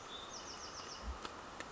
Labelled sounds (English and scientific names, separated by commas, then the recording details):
Bewick's Wren (Thryomanes bewickii)
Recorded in Sonoma County, California